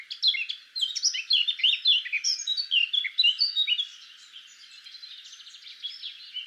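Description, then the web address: Eurasian blackcap song: busy, scratchy and fluty notes in a rapid run, then easing into a softer, trilling chatter. "SETE Sylvia atricapilla"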